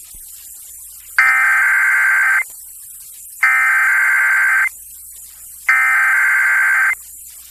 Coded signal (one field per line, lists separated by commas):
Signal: Emergency Alert System (SAME) tones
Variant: header bursts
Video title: Lower Hudson Valley Monthly Test on WHUD-FM Peekskill, NY (100.7 WHUD) (8/2/22) (EAS #37)